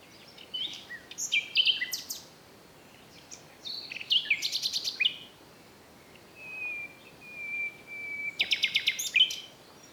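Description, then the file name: Common nightingale song: varied bursts of fast repeated notes and rattles, a long steady whistle, then a loud stuttering trill. "Luscinia megarhynchos"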